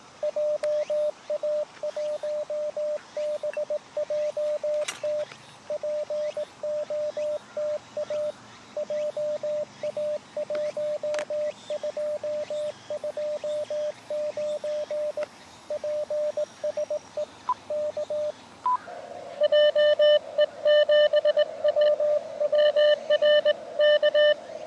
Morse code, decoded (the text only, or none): JA1BJT POTA JA1229 PSE K JE7WWR K